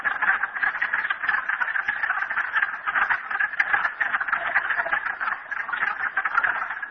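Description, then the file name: Frogs calling in a dense, continuous chorus of overlapping rattling croaks, a steady buzzing wall of sound with no pauses throughout. Frogs at Merryspring. "frogs merryspring 42008"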